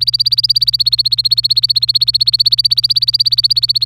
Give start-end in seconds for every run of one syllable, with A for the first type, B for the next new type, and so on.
0.00-3.85 A